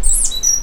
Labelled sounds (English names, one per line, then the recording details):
Stitchbird song
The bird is a male
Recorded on Tiritiri Matangi Island, New Zealand, in 2005
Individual 2, of nest box 2